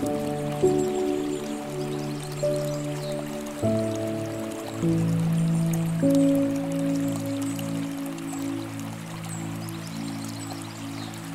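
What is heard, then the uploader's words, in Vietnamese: A campsite beside a stream, with steady rushing water running through the whole clip. Over it sit sustained low tones that hold, then step to new pitches every second or two, loudest near the start. Cắm trại bên bờ suối.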